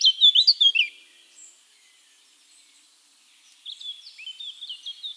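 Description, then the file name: Eurasian blackcap song: a short, loud burst of twisting warbled notes, then silence, then a softer, chattering warble near the end. "Sylvia atricapilla"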